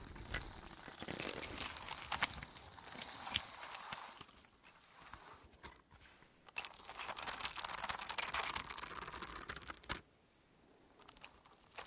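Dense crinkling and scratchy rustling with quick clicks fills most of the stretch, strongest and brightest in bursts around 0–4 and 6.5–10 seconds. A brief quieter lull falls near 5 seconds, and the sound drops to faint hiss after 10 seconds.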